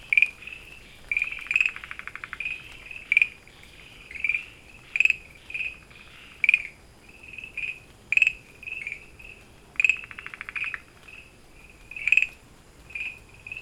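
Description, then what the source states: Frog calls: short, high tonal notes repeated irregularly, some followed by rapid clicking rattles, over a quiet background. Recorded 24 August 2013.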